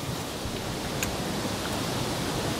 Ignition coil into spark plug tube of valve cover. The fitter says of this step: it down you're going to feel it's kind of snap snaps into place